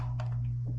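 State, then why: Not seated. A short metal bypass oil tube is started in its hole in the aluminium case of an air-cooled Porsche 912E/914 VW 2.0 Type-4 2270 engine build and pushed in with a screwdriver handle, used instead of pliers so the tube isn't scarred. Under a steady low hum, a brief faint tap comes at 0.2 s. Nothing has seated or clicked yet.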